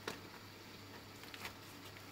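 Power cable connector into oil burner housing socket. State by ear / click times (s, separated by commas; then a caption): not seated / none. After a nozzle change on an oil burner, the power cable connector is handled near its socket in the burner housing, with short sharp handling sounds at about 0.1 s and 1.4 s over a steady low hum. Nothing has seated or clicked yet; the clip ends just before the plug goes home.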